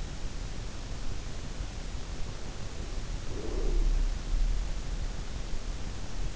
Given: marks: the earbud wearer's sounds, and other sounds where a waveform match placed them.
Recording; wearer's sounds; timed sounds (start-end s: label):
sounds in sleep by an in-ear microphone; breath
3.22-4.36 s: breath